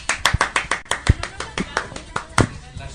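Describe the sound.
Short applause: a quick, steady run of sharp, crisp claps from what sounds like a small group, with faint voices murmuring underneath.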